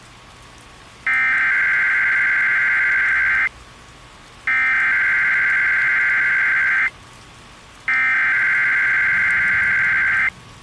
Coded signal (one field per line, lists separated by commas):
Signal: Emergency Alert System (SAME) tones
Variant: header bursts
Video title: EAS Scenario - The Shearon-Harris Incident